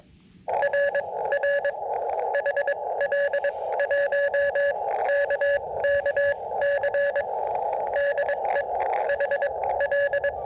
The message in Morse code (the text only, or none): R R HL1KKC DE HL